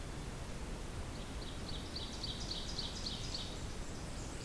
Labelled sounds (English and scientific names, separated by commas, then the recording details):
Ovenbird (Seiurus aurocapilla) song
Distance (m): 60 m
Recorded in boreal forest in Alberta, Canada, on 8 June 2016 at 07:55
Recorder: SongMeter 3, array SBT-3-9
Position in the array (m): 44 m, 99 m
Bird 33